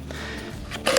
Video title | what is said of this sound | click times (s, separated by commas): How to Add String to ANY String Trimmer (We do ALL of them!) | Make sure it snaps and clicks in place. | 0.9 s, 1.0 s